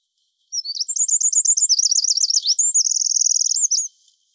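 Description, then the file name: Eurasian wren song: a single loud, rapid outpouring of sharp high notes, warbled trills and a fast rattling section lasting about three and a half seconds. "Troglodytes troglodytes"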